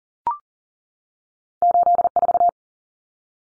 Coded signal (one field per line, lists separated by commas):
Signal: Morse code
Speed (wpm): 40 wpm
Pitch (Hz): 700 Hz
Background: none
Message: 84